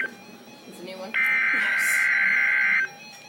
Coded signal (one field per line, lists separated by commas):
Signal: Emergency Alert System (SAME) tones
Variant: header bursts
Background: speech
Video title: Severe Thunderstorm Warning - EAS #229